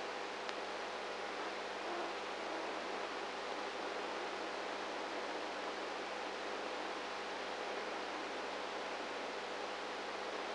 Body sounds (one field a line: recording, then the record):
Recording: brain microelectrode recording played as sound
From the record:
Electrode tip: outside the subthalamic nucleus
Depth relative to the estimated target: -5 mm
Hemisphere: right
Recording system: NeuroSet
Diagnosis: Parkinson's disease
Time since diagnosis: 19 years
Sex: female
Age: 58 years